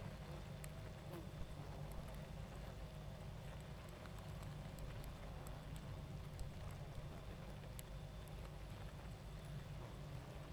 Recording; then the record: honeybee colony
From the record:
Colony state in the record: active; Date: 28 July 2017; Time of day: 21:40